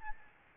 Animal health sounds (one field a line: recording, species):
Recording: mosquito wingbeat signal from an infrared sensor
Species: Aedes albopictus